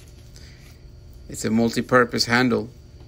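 A plastic multi-purpose detachable handle for a BISSELL CleanView Compact Upright Vacuum is handled just before it is pushed into the upright vacuum body, while someone talks. A faint short tap is heard near 0.4 s, but nothing has seated or clicked yet.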